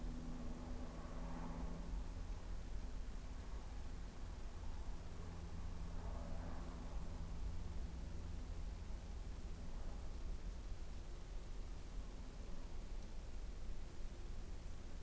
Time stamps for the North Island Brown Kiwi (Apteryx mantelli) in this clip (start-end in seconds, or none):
none